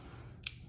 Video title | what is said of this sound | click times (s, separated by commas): BEST GoPro MOUNT FOR ATV | locks into place 360 | 0.5 s